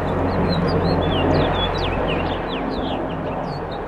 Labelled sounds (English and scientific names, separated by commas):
House Finch (Haemorhous mexicanus) song